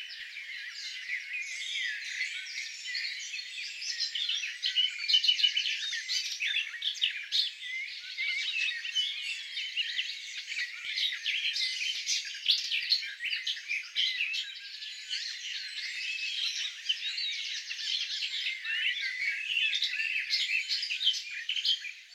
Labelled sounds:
Garden Warbler song

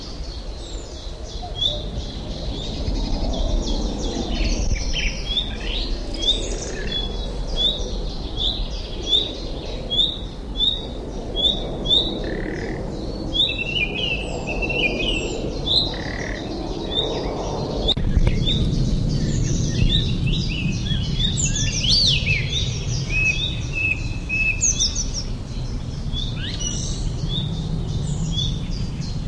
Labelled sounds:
Common Nightingale alarm call

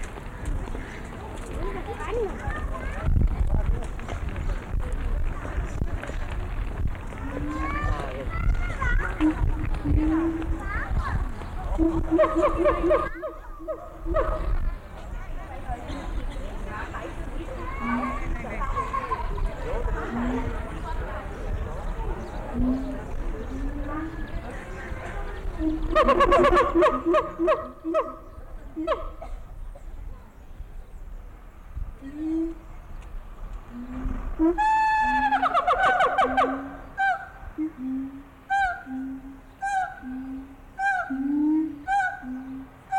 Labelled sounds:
Siamang

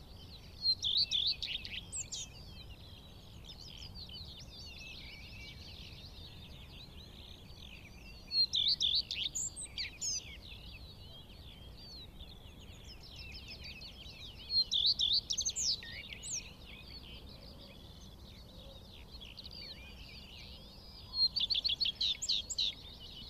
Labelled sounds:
Common Redstart song

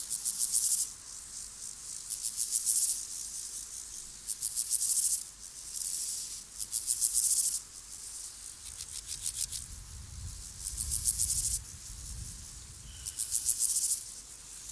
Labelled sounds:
Water-meadow Grasshopper stridulation

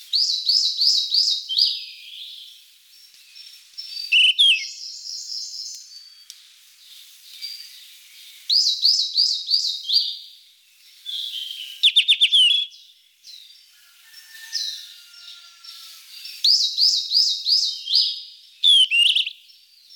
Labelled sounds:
Yellow-rumped Flycatcher song

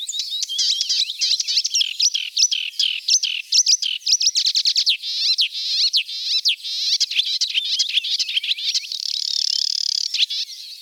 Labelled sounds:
Marsh Warbler song

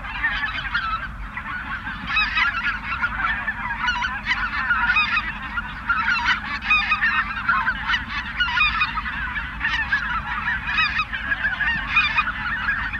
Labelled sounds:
Greater White-fronted Goose call

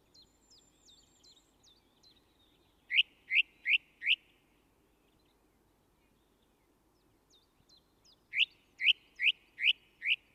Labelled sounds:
Song Thrush song

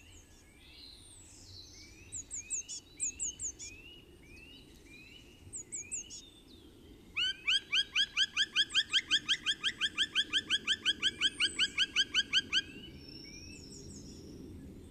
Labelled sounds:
Black Woodpecker call

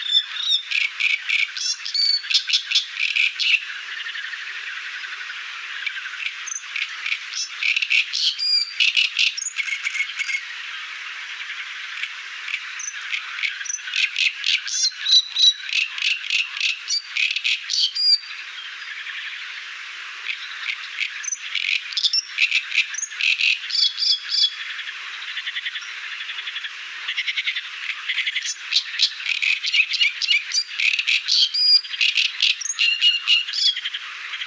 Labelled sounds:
Great Reed Warbler song

